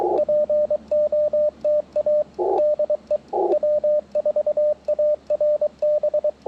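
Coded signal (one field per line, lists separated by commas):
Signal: Morse code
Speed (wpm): 23 wpm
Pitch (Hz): 590 Hz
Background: radio noise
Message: POTA DE W4ARB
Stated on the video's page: On-air QRP CW during a park activation, band hopping, with Icom IC-705, PackTenna 9:1 random wire, Elecraft T1 tuner, Begali Traveler paddles.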